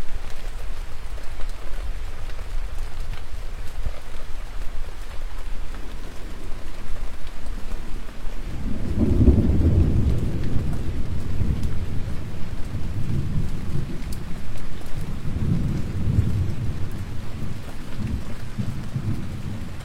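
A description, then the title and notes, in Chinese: Steady, dense rain hisses evenly throughout a thunderstorm. From about nine seconds, deep rolling thunder swells in, rumbling low and heavy in waves around twelve and again near fifteen to seventeen seconds, fading off toward the end. 雷雨交加、鸟兽绝迹。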